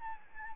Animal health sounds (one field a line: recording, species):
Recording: mosquito wingbeat signal from an infrared sensor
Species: Aedes albopictus